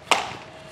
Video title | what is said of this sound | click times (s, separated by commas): Yu Xiang - W500 - RTF VTOL - Unbox & Maiden Flights | yep there's the snap | 0.1 s